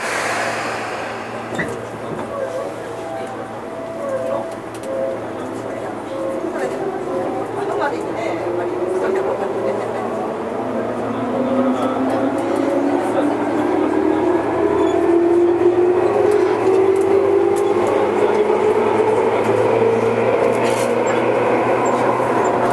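Running sound from inside a Tobu 20000 series train: a steady low rumble with a tone that climbs slowly in pitch from about ten seconds as the train speeds up. Faint clicks and brief voices come and go over the constant hum.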